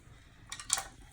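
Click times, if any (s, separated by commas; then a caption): 0.7 s. A syringe needle is scooped one-handed into its plastic cap and pushed until the cap seats. Soft scraping taps at about 0.5 and 0.6 seconds lead to a sharp, bright click at 0.7 seconds as the cap snaps home on the needle.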